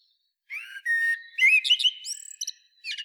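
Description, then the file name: Eurasian blackbird song: a mellow fluted warble beginning after half a second, sliding into squeaky, high twittering notes near the end. "Turdus merula"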